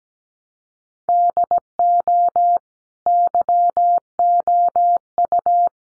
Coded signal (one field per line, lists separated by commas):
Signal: Morse code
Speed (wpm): 17 wpm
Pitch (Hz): 700 Hz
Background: none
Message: DO YOU